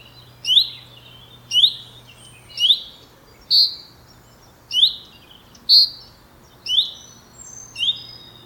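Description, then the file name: Common chaffinch calling steadily, a series of brief high chirps, most sweeping upward, a couple flatter and fuller, with a low steady hum beneath. "Fringilla coelebs"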